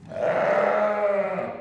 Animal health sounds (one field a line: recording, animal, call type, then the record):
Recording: contact call of a hoofed animal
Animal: sheep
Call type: low-frequency (closed-mouth) or high-frequency (open-mouth) call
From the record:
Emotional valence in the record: positive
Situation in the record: reunion with pen mate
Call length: 1.61 s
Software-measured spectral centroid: 1260 Hz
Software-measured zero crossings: 1390 a second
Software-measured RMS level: -24 dBFS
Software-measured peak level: -10 dBFS